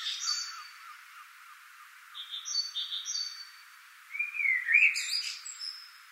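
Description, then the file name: Common blackbird giving a brief rising and falling fluted phrase ending in a twitter, after quieter high, thin repeated notes from another bird. "Turdus merula"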